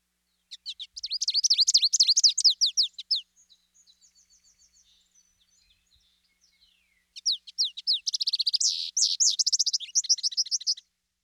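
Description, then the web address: American Goldfinch twittering: two fast bursts of high, sweet, wavering chips, separated by a softer trailing series of notes. Eastern North America. "Dan Gibson Wildlife Identification By Sound, Eastern North America Pt 2. American Goldfinch"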